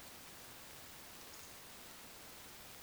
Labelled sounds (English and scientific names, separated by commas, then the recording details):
Eurasian Woodcock (Scolopax rusticola) whistle
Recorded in Baden-Württemberg, Germany, on 10 June 2020 at 20:18 UTC
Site 45520, 595 m above sea level